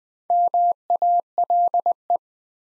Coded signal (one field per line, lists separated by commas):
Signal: Morse code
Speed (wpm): 20 wpm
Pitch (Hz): 700 Hz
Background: none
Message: MALE